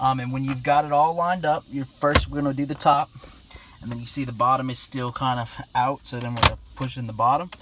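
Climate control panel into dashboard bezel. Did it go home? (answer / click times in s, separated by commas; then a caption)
no / none. Someone talks while handling the plastic climate control panel of a 2003–2009 Toyota 4Runner, lining up its top with the dashboard bezel and then pushing in the bottom edge, which still sits out. A few short knocks are heard over the talking, but the clip ends before the panel goes home, and nothing has seated or clicked yet.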